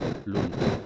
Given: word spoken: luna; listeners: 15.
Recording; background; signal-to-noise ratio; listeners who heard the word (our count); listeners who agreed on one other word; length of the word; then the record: one Spanish word in noise, from a listening test; noise modulated by three-talker babble; -3.9 dB; 1 of 15; 10 of 15; 0.46 s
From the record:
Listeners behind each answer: 10, 2, 1, 1, 1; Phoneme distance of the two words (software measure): 17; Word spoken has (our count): 2 syllables, 4 phonemes, stress on syllable 1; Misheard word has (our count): 2 syllables, 5 phonemes, stress on syllable 1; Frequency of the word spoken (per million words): 64.97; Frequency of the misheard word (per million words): 84.89